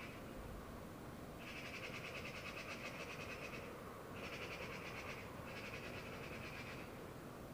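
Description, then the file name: Eurasian magpie chatter in three rattling bursts of fast, harsh notes, separated by brief pauses, over steady low background noise. "Pica pica"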